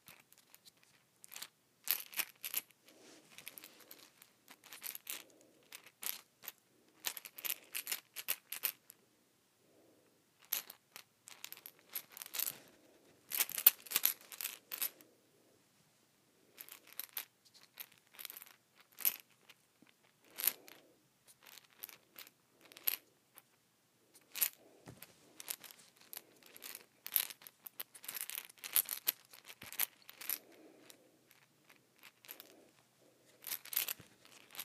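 Sea shells clink and rattle against glass in quick, bright clusters of small taps, like stirring or shaking a handful. Bursts come in uneven runs with brief quiet gaps around ten and fifteen seconds, crisp, over a near-silent background.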